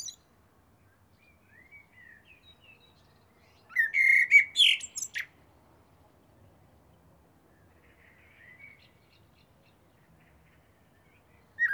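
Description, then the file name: Eurasian blackbird giving one short fluted phrase with a shrill twittered ending, with a few faint soft notes before and after in a quiet setting. "Turdus merula"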